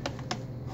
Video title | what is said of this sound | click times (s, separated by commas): Toshiba laptop intermittent power shutdowns | Go in here, and you will hear a snap. | 0.1 s, 0.3 s